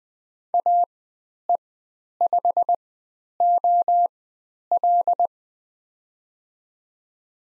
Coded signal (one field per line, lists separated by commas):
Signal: Morse code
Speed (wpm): 20 wpm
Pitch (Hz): 700 Hz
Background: none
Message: AE5OL